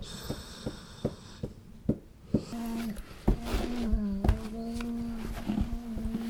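Dog whining, a drawn-out tonal cry holding steady for several seconds after a run of sharp knocking clicks.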